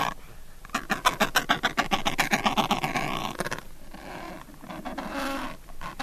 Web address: adelie penguin